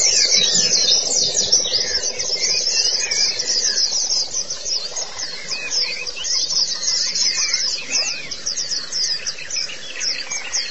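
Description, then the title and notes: White-eye song, bright high chattering with slurred lower notes mixed in, over a low humming background. Chirping song. "Kicauan Burung Pleci Durasi Panjang. Suara kicauan burung pleci"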